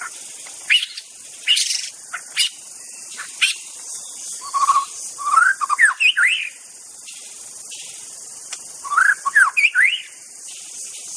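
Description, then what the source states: White-rumped shama song: loose bursts of sharp clicks, then two rich phrases of looping whistles and twisting notes, against a continuous high insect drone. Wild bird from forest.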